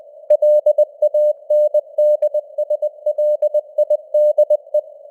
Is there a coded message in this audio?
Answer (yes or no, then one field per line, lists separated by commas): yes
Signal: Morse code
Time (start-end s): 0.3-4.8 s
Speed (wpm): 20 wpm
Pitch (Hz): 600 Hz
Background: none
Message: LANDSLIDE